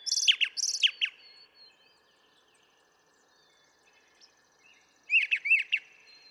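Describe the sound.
Brown thrasher phrases: doubled sharp chirps at the start and a short run of chirps at the end, separated by a long quiet gap.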